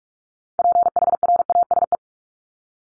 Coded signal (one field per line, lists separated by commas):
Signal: Morse code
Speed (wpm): 44 wpm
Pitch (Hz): 700 Hz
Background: none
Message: PHRASE